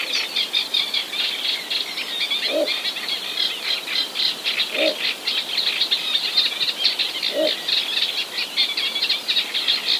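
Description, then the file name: Little bittern giving three low, short barking croaks spaced two to three seconds apart, half hidden under a continuous high chattering chorus. "ixobrychus minutus"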